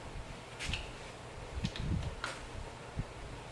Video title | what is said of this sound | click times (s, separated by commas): 2007 Ford Focus 2.0 Throttle Body Gasket Replacement | and it'll be a deal like this, and then you pull down and it'll just snap into place. | 2.2 s